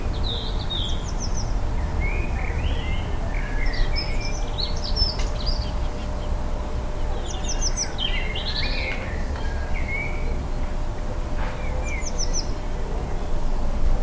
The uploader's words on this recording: Liverpool Garden April 2021. Liverpool morning rituals April 2021.